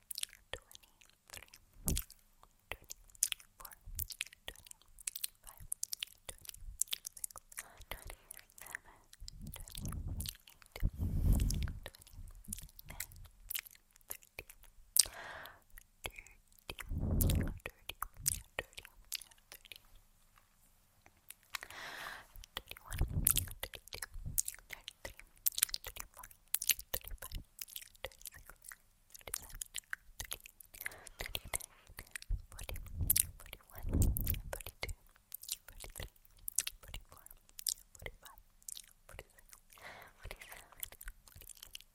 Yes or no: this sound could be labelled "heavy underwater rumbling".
no